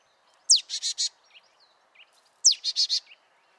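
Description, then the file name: Marsh tit call: a sharp, high, down-slurred note followed by three buzzy, nasal notes. The phrase is given twice, about two seconds apart, in a quiet background. "Poecile palustris"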